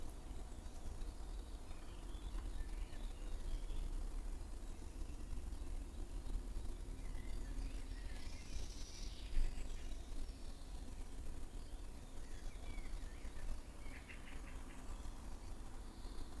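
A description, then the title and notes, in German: Various birds call back and forth in a garden in the early morning, their chirps and short trills scattered across the clip, with a brighter burst of song around the middle. A steady low rumble and hiss sit underneath throughout. Frühmorgendliche Vogelkonversation. Morgends gegen halb sechs in meinem Garten unterhalten sich die verschiedensten Vogelarten lauter miteinander als die Marktschreier auf dem Hamburger Fischmarkt.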